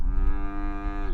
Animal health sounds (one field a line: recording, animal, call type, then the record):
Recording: contact call of a hoofed animal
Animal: cattle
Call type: low-frequency (closed-mouth) or high-frequency (open-mouth) call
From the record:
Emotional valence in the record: negative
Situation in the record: full separation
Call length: 1.13 s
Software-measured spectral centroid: 940 Hz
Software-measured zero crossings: 360 a second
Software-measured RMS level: -23 dBFS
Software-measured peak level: -13 dBFS